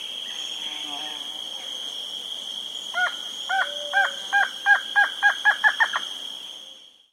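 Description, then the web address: Northern slaty antshrike song: an accelerating series of harmonic notes that quicken toward the end, with a steady high whine behind. South America. "Natures Songs S America Northern Slaty-Antshrike"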